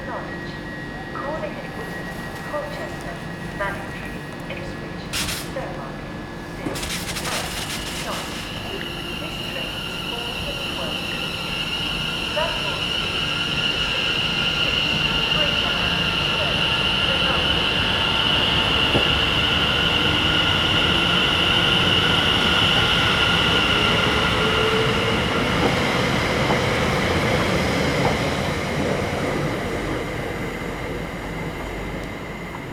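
Early-morning ambience on a train station platform as commuters gather, with a steady murmur of voices and footsteps. A few sharp clicks come near the start, and a high whine rises and holds through the middle, likely from a train, before easing off.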